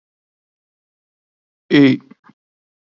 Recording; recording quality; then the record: sustained vowel as in made; excellent, no background noise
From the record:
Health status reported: COVID-19 positive, mild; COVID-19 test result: positive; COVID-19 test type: RT-PCR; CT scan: not taken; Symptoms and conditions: sore throat, fever, fatigue, muscle pain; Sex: male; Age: 23 years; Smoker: no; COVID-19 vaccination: both doses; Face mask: not worn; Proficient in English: yes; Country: India